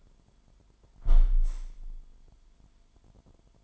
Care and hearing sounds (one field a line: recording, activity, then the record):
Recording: daily activity, microphone in the room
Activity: close window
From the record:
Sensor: 5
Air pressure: 998.7 hPa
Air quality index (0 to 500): 106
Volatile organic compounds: 2 ppm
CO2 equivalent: 1220 ppm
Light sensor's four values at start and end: 53/131/54/61 and 52/130/54/61